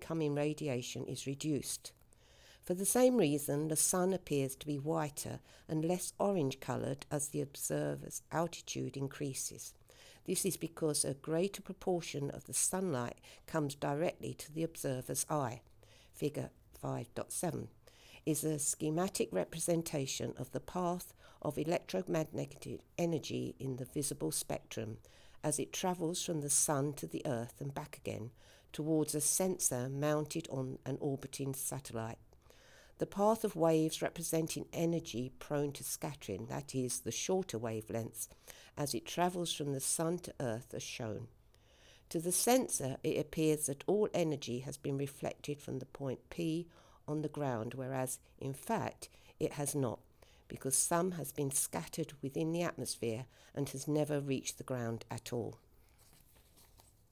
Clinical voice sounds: text read into a phone; English; 0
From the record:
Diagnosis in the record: healthy control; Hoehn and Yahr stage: 0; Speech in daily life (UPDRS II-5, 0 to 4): 0

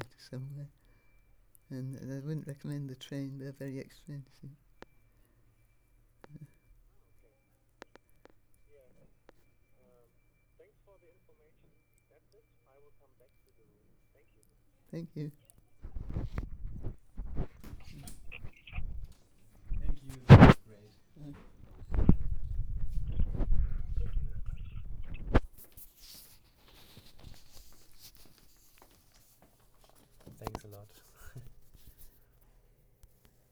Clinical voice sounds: conversation on a phone call; English; 2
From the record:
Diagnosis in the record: Parkinson's disease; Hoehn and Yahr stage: 3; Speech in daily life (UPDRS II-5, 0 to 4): 2

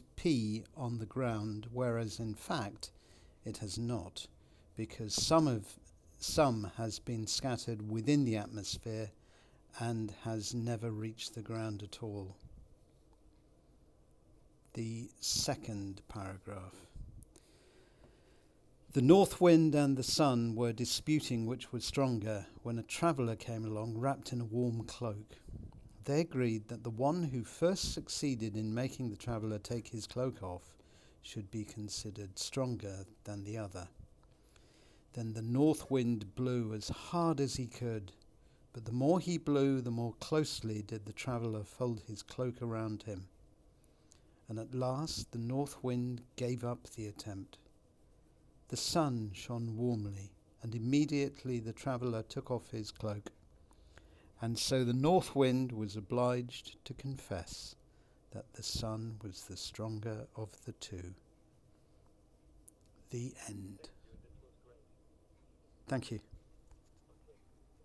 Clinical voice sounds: text read into a phone; English; 0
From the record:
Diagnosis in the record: Parkinson's disease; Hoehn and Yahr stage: 2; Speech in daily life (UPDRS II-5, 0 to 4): 0

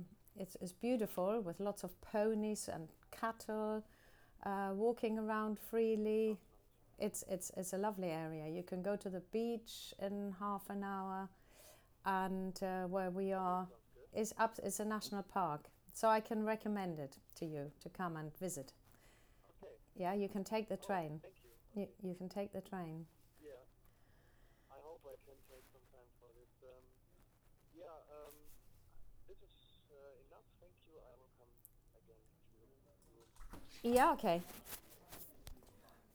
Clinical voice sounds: conversation on a phone call; English; 0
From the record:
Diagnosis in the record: healthy control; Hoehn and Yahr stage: 0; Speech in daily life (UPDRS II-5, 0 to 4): 0

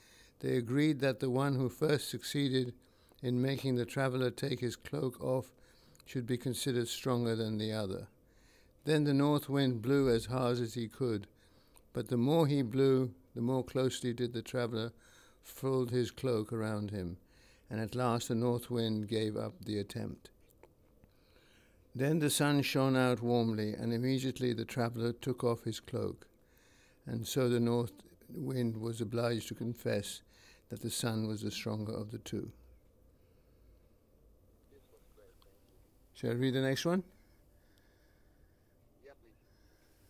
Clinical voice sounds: text read into a phone; English; 1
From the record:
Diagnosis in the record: Parkinson's disease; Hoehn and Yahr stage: 3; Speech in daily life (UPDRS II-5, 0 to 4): 1

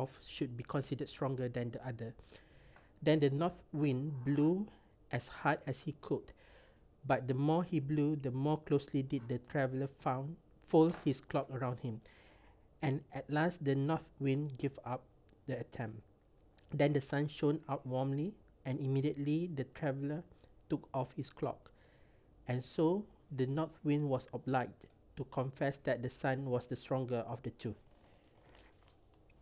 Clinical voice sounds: text read into a phone; English; 0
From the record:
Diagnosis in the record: healthy control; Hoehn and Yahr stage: 0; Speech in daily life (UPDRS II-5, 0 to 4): 0

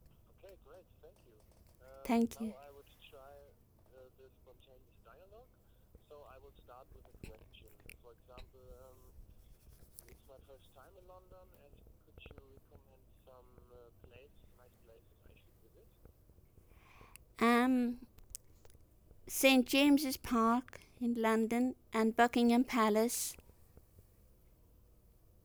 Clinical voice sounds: conversation on a phone call; English; 1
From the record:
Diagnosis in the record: healthy control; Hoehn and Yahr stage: 0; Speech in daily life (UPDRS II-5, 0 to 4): 1

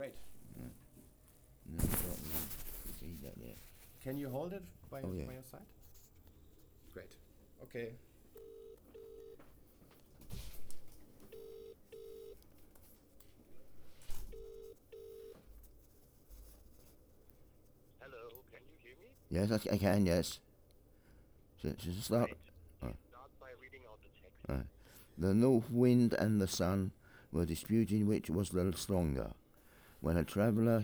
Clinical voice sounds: text read into a phone; English; 1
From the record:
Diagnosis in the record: Parkinson's disease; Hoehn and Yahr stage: 4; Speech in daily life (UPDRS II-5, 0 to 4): 1

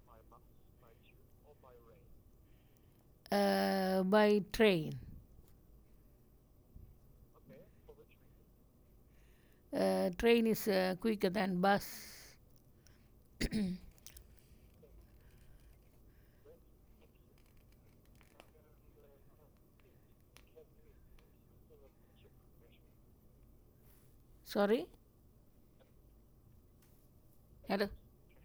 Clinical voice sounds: conversation on a phone call; English; 0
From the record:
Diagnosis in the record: healthy control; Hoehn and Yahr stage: 0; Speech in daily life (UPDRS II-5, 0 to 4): 0

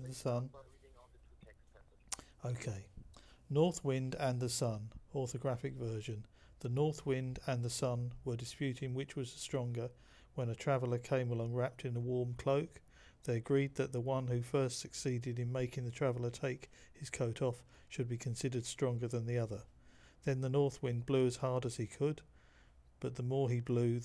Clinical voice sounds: text read into a phone; English; 0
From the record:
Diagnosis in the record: Parkinson's disease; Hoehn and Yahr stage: 2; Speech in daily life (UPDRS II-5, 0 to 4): 0

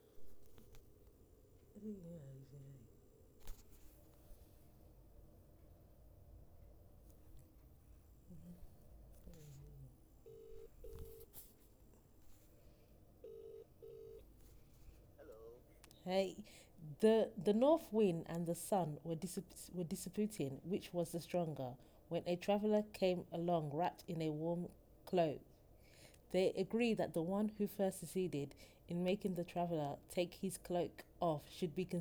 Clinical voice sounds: text read into a phone; English; 0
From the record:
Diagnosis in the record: healthy control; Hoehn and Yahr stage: 0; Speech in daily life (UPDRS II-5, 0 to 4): 0

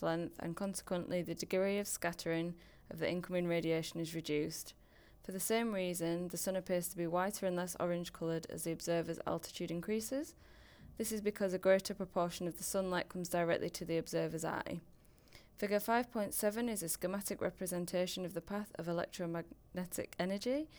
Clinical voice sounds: text read into a phone; English; 0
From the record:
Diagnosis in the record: healthy control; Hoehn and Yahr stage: 0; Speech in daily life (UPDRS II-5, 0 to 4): 0

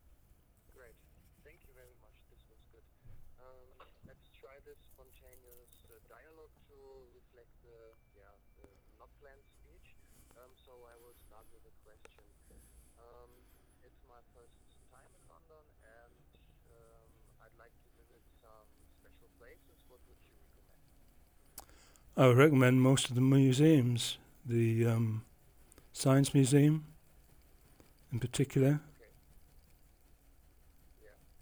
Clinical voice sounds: conversation on a phone call; English; 1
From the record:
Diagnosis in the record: Parkinson's disease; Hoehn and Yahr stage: 3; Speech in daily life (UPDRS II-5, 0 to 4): 0

